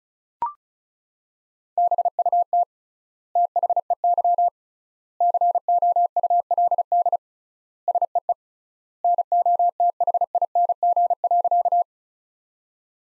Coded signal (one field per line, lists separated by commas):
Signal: Morse code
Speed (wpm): 34 wpm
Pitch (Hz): 700 Hz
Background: none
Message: BUT THEY COULD SEE NOTHING.